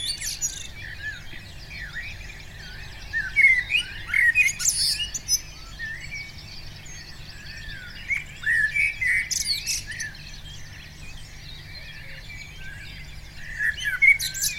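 Common blackbird calls, short bright whistled notes with quick up-and-down slurs in loose bursts.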